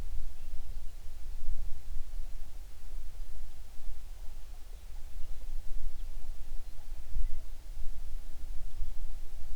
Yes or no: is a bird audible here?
yes